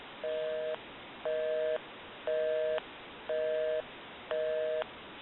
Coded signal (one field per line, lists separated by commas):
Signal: telephone call progress tone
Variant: North America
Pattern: busy tone